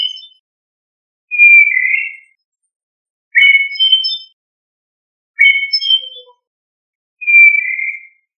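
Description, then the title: Thrush song of short clear whistled phrases, each about a second long, separated by pauses of about a second. "Familia Turdidae - Sabia"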